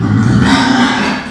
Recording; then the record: squeal of a Yucatan mini pig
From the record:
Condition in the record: after surgery on the right vocal fold (resection and tissue-engineered implant); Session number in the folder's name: 13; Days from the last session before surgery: 113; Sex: female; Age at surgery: 19 weeks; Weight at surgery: 25 kg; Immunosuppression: prednisolone